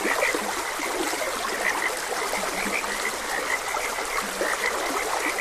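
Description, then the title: Frogs croaking in a dense chorus of short, bright notes repeated continuously over steady rushing stream water. Frogs croaking beside a gentle stream. "Gentle Stream and Frogs Croaking"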